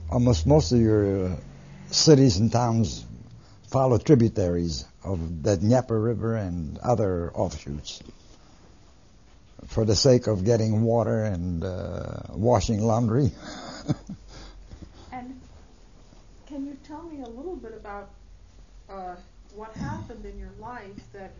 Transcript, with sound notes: Almost, most of your cities and towns followed tributaries of the river and other off-shoots. For the sake of getting water and, uh, washing laundry. (He laughs.)
And can you tell me a little bit about, uh, what happened in your life that